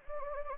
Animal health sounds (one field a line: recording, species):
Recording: mosquito wingbeat signal from an infrared sensor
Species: Anopheles gambiae